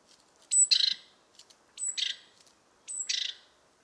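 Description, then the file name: Great tit giving three harsh calls in quick succession, each a brief high whistle followed by a rasping buzz. "Parus major"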